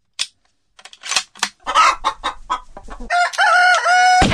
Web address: Chicken